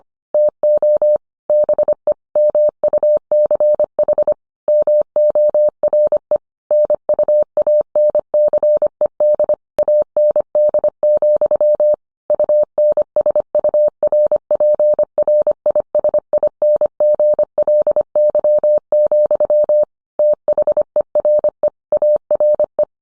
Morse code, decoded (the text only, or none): TO BE MUCH MORE NUANCED AND, UNSURPRISINGLY, THERE ARE